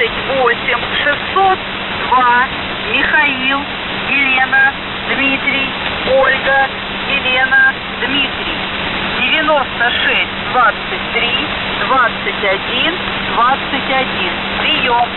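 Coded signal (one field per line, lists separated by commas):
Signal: coded military voice message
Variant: Russian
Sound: russian voice reads callsign number, five-digit group, spelled word, digit groups, then 'Priyom'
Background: radio static, steady hum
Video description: 00:00 - Воздух Охват-98 38602 МЕДОЕД 9623 2121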